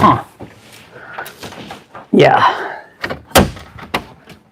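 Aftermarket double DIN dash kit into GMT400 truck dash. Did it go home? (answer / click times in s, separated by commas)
no / none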